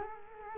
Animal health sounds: mosquito wingbeat signal from an infrared sensor; Culex quinquefasciatus

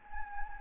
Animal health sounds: mosquito wingbeat signal from an infrared sensor; Anopheles gambiae

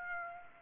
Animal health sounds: mosquito wingbeat signal from an infrared sensor; Aedes aegypti

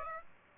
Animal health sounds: mosquito wingbeat signal from an infrared sensor; Aedes aegypti

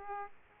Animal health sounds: mosquito wingbeat signal from an infrared sensor; Aedes aegypti

